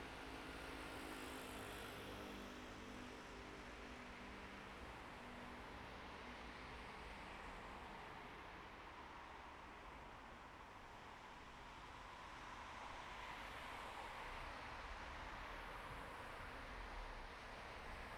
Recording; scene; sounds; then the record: everyday scene through a hearing-aid microphone; in traffic; traffic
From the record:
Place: bus stop on a city main road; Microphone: behind the ear, right, rear